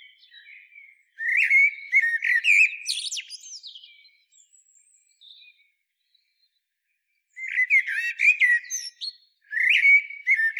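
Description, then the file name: Common blackbird calls: loud squeaky warbled notes with high twitters early on, several seconds of near silence, then two more energetic bursts of similar notes. "Turdus merula"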